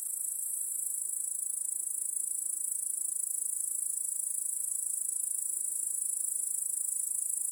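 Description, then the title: Crickets chirping in a dense, shrill chorus, a steady high-pitched trill running without pause through the whole stretch. Cricket chorus in a home backyard at night. "Crickets in Your Backyard"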